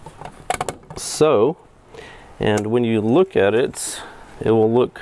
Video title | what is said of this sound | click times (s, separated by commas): GET LOUD WITH THE JFX LINEUP FROM DOWN4SOUND | and it snaps into place like | 0.5 s, 0.6 s, 0.7 s